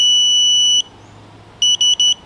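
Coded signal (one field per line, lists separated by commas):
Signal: beep code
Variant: Classic Army electronic trigger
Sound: one long high beep, a pause, then three quick high beeps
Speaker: three beeps so that is semi three round burst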